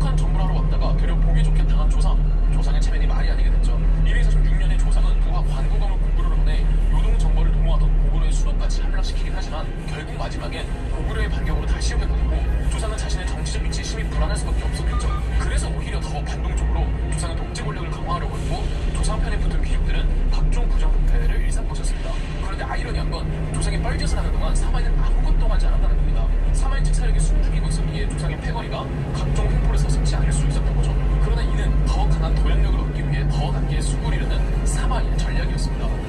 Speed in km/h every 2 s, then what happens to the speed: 23, 24, 23, 23, 18, 17, 17, 17, 19, 21, 20, 20, 22, 26, 29, 30, 28, 27.
0-22 steady at about 20. 22-29 speeds up to 30. 29-36 steady at about 28.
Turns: none.